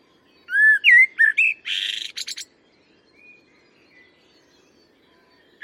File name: Common Blackbird